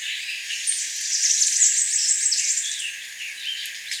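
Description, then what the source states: Bananaquit giving a dense, high-pitched wheezy run of thin sibilant notes over steady background hiss. Spanish Lagoon, Aruba, January 2005.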